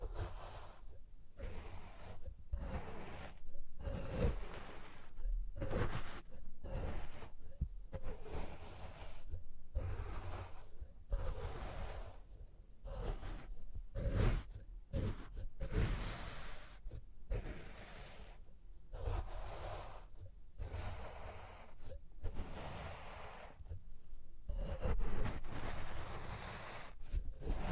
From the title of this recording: Experimental Triggers in Test Tubes